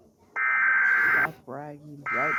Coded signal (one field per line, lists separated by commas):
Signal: Emergency Alert System (SAME) tones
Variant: header bursts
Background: speech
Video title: EAS Alert #3 (MCU) - National Periodic Test